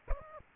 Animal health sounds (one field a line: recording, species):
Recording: mosquito wingbeat signal from an infrared sensor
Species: Aedes aegypti